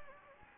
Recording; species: mosquito wingbeat signal from an infrared sensor; Anopheles gambiae